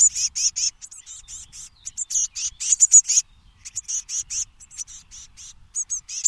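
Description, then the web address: Bird calls: dense, high-pitched chirping repeated in quick successive bursts with short gaps, sharp and thin throughout. "cianscape. Deverinetal"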